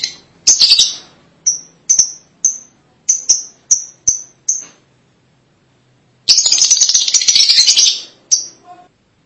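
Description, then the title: Lovebird calls: a string of short piercing chirps, then a long burst of rapid, grating chatter. "BM Suara Burung Lovebird"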